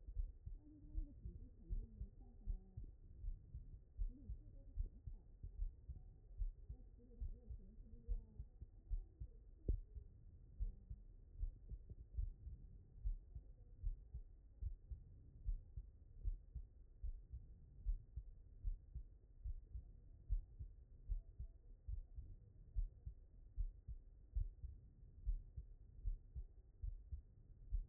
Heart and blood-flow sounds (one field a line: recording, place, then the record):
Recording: heart sounds by stethoscope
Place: aortic valve (AV)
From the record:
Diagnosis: non-HFrEF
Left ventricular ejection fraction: 49%